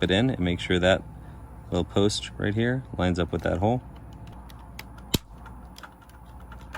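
Someone talks while lining up a small post on a plastic part of an Elite Force Bf-109 1/18 scale model plane with its hole in the airframe, followed by a few faint, sharp handling ticks. Nothing has seated or clicked into place yet.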